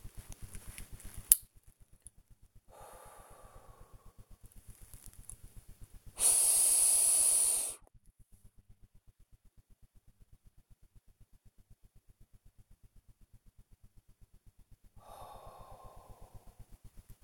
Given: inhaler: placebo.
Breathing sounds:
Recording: one use of a dry powder inhaler by a smartwatch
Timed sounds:
0.20-1.63 s: inhaler activation
2.65-4.49 s: exhalation
6.10-7.94 s: inhalation
14.97-16.85 s: exhalation

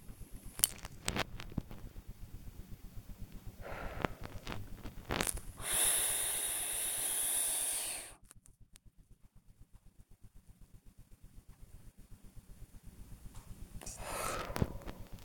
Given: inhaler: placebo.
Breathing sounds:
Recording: one use of a dry powder inhaler by a smartwatch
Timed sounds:
0.09-0.77 s: inhaler activation
3.54-4.22 s: exhalation
5.51-8.23 s: inhalation
13.72-15.22 s: exhalation

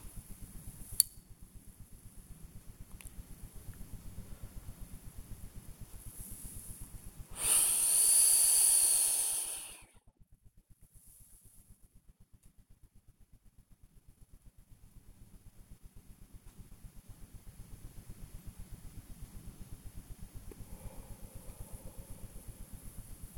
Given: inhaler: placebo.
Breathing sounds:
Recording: one use of a dry powder inhaler by a smartwatch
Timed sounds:
0.70-1.41 s: inhaler activation
3.58-5.26 s: exhalation
7.23-10.14 s: inhalation
20.48-23.13 s: exhalation

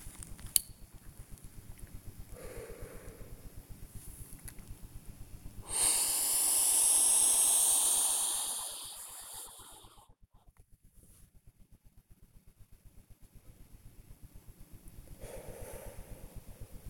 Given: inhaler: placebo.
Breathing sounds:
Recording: one use of a dry powder inhaler by a smartwatch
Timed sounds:
0.25-0.88 s: inhaler activation
2.27-3.58 s: exhalation
5.53-10.18 s: inhalation
15.08-16.80 s: exhalation

